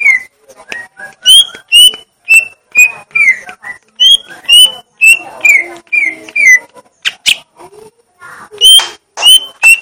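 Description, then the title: Leafbird singing rich, varied whistles, clear slurred notes repeated about twice a second, interspersed with scratchy chips and a few sharp clicks. Song style called "gledek", meaning thunder. "Cucak Ijo Suara Gledek"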